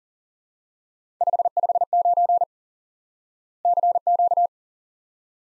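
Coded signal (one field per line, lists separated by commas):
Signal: Morse code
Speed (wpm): 40 wpm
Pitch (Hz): 700 Hz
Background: none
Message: 559 CQ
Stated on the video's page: Instant word recognition lesson on common QSO elements: 559.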